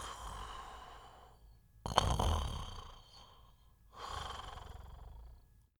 Male sleep snore calm.